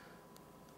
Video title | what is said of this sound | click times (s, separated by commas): Nite Ize S Biner Micro Lock | click like you can actually feel it | 0.4 s